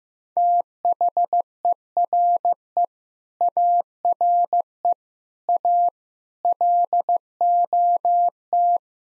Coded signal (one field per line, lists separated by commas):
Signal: Morse code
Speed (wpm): 15 wpm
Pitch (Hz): 700 Hz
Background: none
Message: THERE ARE A LOT